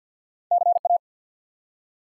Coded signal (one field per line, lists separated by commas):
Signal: Morse code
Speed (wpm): 50 wpm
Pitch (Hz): 700 Hz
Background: none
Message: CA